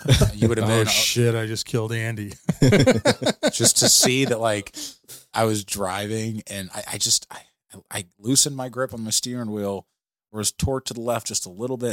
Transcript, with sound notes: You would have been, oh shit, I just killed Andy. (laughing)
Just to see that like, I was driving and I just, I loosened my grip on my steering wheel, or I was torqued to the left just a little bit.